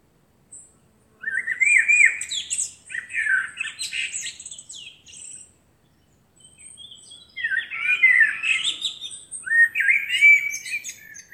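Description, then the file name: Eurasian blackbird singing two long phrases of mellow warbling notes mixed with high scratchy twittering, with a brief pause between them. "Turdus merula"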